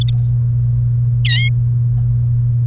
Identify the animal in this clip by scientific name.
Serinus canaria